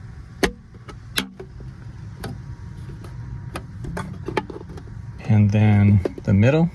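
A plastic screen housing cover on a Tesla Cybertruck's adjustable dashboard screen mount is pressed down on each side, and its clips snap into place with sharp clicks at 0.4 s and 1.2 s. Softer taps and clicks follow before someone talks near the end, and the housing is seated.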